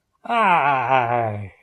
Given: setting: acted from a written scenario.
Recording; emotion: vocal sound without words; triumph